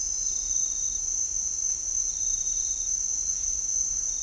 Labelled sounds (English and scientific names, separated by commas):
none